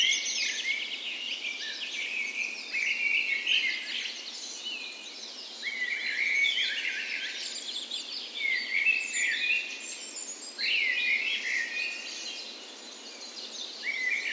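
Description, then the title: Dawn chorus of birds, several singers overlapping in rippling trills and chirpy phrases, rising in loud bursts and easing off briefly before starting again. Dawn chorus on the morning of 17 May, Norway's National Day, in spring, in a park west in Bergen, Norway; recorded with Sony PCM A10 and LOM Usi microphones as tree ears. "17th Of May Dawn Chorus"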